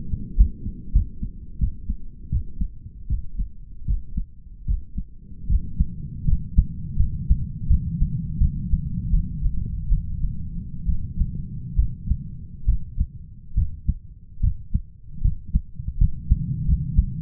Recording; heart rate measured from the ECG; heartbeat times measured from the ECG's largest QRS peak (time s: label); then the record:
heart sounds by stethoscope; 77 bpm
0.37 s: heartbeat
0.93 s: heartbeat
1.59 s: heartbeat
2.30 s: heartbeat
3.08 s: heartbeat
3.86 s: heartbeat
4.66 s: heartbeat
5.48 s: heartbeat
6.26 s: heartbeat
6.97 s: heartbeat
7.68 s: heartbeat
8.39 s: heartbeat
9.11 s: heartbeat
9.89 s: heartbeat
10.87 s: heartbeat
11.76 s: heartbeat
12.66 s: heartbeat
13.55 s: heartbeat
14.41 s: heartbeat
15.22 s: heartbeat
15.98 s: heartbeat
16.66 s: heartbeat
From the record:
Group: healthy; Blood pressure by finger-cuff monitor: 134/79 mmHg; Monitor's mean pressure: 103 mmHg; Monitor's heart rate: 77 bpm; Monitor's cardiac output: 7.7 L/min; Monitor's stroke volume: 101 mL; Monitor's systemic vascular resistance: 940 dyn s/cm5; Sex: male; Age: 33 years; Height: 179 cm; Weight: 80.4 kg